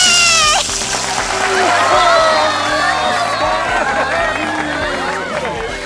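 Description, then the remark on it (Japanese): A loud crowd cheers and whoops, with many excited voices rising and overlapping above a steady, rhythmic musical beat, and what may be clapping mixed into the din. “盛大な拍手ありがとうございます。”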